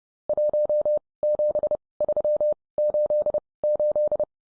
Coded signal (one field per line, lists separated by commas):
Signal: Morse code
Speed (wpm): 30 wpm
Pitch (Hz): 600 Hz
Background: none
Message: 17388